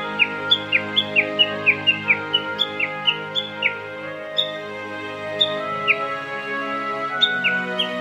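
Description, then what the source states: Japanese bush warbler calling in a long, quick series of bright, falling notes that gradually slow and space out, with a faint humming backdrop. Recorded at Daigenji Plateau, Niigata Prefecture, Japan.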